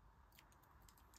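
A replacement display is pressed into the bent metal chassis of an iPhone 11 Pro Max whose screen did not survive a 3-metre fall. Faint clicks are heard at 0.4, 0.9 and 1.2 seconds as the clips engage over a steady low background. The screen clips in but does not sit fully flush because of the damaged frame.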